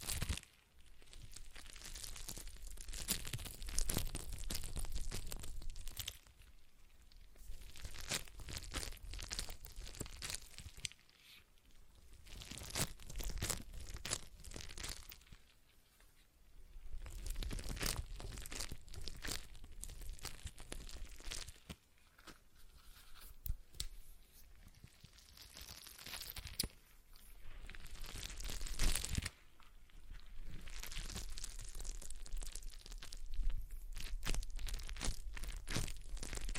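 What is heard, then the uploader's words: A stress ball is squeezed and worked in repeated bursts of crinkly, crackling rustle, each lasting a few seconds with short quiet gaps between. The texture is dense and bright, like crumpling plastic, with a low rumble under the louder squeezes. ASMR Relaxing Stress Ball Sounds (No Talking).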